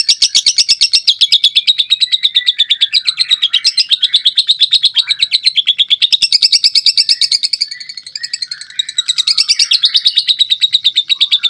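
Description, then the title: White-eye song: a long stream of rapid, high twittering notes, warbling up and down with quick, even pulses, dipping briefly softer near the end. Long rolling song (ngerol) in wild-bird style (ngalas). "Suara Burung Pleci Ngerol Ngalas"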